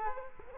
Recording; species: mosquito wingbeat signal from an infrared sensor; Culex quinquefasciatus